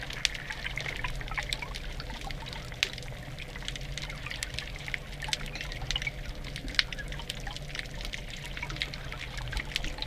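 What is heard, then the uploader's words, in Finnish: Underwater sound of the sea, a dense, steady crackle of tiny clicks and pops filling the upper range throughout. A low, constant rumble and hum sit beneath, with a few sharper snaps standing out near three and seven seconds. Ocean. Waves and underwater sounds, Croatia. Teos perustuu Petri Kuljuntaustan äänityksiin Splitin rannikolta. Sitä seuraa 2.5 minuuttia vedenalaista äänimaisemaa.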